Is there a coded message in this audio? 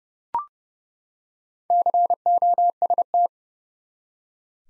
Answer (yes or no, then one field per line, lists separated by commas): yes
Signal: Morse code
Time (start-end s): 1.7-3.3 s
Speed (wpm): 30 wpm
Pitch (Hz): 700 Hz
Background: none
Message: COST